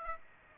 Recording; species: mosquito wingbeat signal from an infrared sensor; Aedes aegypti